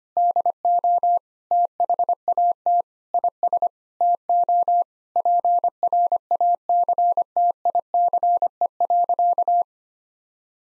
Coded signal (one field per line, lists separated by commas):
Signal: Morse code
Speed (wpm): 25 wpm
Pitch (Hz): 700 Hz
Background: none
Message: DO THAT IS TO PRACTICE.